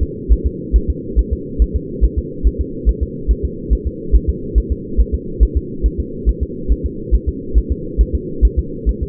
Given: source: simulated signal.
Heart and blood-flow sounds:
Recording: fetal heart sounds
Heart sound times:
0.03 s: S2
0.32 s: S1
0.46 s: S2
0.76 s: S1
0.90 s: S2
1.19 s: S1
1.33 s: S2
1.62 s: S1
1.76 s: S2
2.04 s: S1
2.19 s: S2
2.47 s: S1
2.61 s: S2
2.89 s: S1
3.03 s: S2
3.31 s: S1
3.45 s: S2
3.73 s: S1
3.87 s: S2
4.16 s: S1
4.29 s: S2
4.58 s: S1
4.72 s: S2
5.00 s: S1
5.14 s: S2
5.43 s: S1
5.57 s: S2
5.86 s: S1
6.00 s: S2
6.29 s: S1
6.43 s: S2
6.72 s: S1
6.86 s: S2
7.15 s: S1
7.29 s: S2
7.58 s: S1
7.72 s: S2
8.01 s: S1
8.15 s: S2
8.45 s: S1
8.59 s: S2
8.89 s: S1
9.03 s: S2
From the record:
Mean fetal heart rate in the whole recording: 140 bpm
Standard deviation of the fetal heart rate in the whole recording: 2 bpm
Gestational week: 34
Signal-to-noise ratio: -4.3 dB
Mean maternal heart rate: 72 bpm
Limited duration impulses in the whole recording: absent

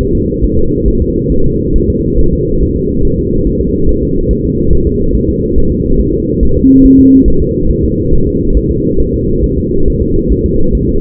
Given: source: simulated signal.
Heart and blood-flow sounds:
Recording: fetal heart sounds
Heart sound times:
0.01 s: S1
0.15 s: S2
0.44 s: S1
0.58 s: S2
0.88 s: S1
1.02 s: S2
1.32 s: S1
1.46 s: S2
1.76 s: S1
1.90 s: S2
2.19 s: S1
2.33 s: S2
2.62 s: S1
2.76 s: S2
3.05 s: S1
3.19 s: S2
3.47 s: S1
3.61 s: S2
3.89 s: S1
4.03 s: S2
4.31 s: S1
4.45 s: S2
4.73 s: S1
4.87 s: S2
5.15 s: S1
5.29 s: S2
5.58 s: S1
5.72 s: S2
6.00 s: S1
6.14 s: S2
6.43 s: S1
6.57 s: S2
6.85 s: S1
7.00 s: S2
7.28 s: S1
7.42 s: S2
7.70 s: S1
7.85 s: S2
8.13 s: S1
8.27 s: S2
8.57 s: S1
8.71 s: S2
9.00 s: S1
9.14 s: S2
9.44 s: S1
9.58 s: S2
9.88 s: S1
10.02 s: S2
10.32 s: S1
10.46 s: S2
10.75 s: S1
10.89 s: S2
From the record:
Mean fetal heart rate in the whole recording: 140 bpm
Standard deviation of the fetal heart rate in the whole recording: 2 bpm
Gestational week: 34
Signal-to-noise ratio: -17.7 dB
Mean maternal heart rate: 72 bpm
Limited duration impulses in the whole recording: present

